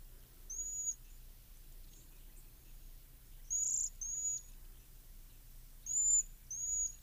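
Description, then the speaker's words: Cedar Waxwing giving thin, very high-pitched level notes, some in quick pairs, spaced irregularly over a soft low hum. Calls described as simple, not musical, very high-pitched, thin and hard to hear. "Let's listen to the very high-pitched, I stress very high-pitched, thin notes of a Cedar Waxwing."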